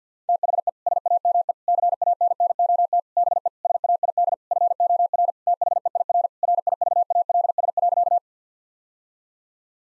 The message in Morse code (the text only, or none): THE SAME CANNOT BE SAID FOR THEIR RIVALS.